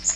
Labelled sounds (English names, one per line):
Magnolia Warbler flight call